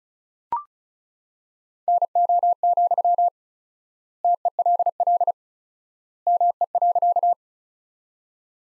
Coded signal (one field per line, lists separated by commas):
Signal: Morse code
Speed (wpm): 36 wpm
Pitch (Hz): 700 Hz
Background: none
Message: NO, TELL ME.